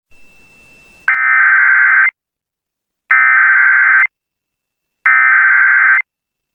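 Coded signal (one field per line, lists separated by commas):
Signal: Emergency Alert System (SAME) tones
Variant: header bursts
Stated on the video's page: Simulated EAS scenario.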